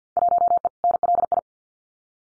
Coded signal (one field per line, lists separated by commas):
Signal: Morse code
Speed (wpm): 50 wpm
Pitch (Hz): 700 Hz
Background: none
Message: 1E NLI